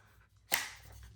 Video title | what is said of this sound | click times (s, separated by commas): Nintendo Switch 2 Unboxing! | just snap right into place. | 0.5 s